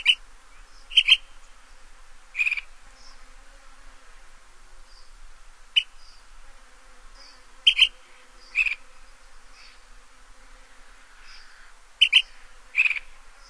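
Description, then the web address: Ash-throated flycatcher giving short, burry call notes, some in quick pairs, spaced a few seconds apart against a quiet background. "Songs of Birds of North America Stokes. Ash-throated Flycatcher"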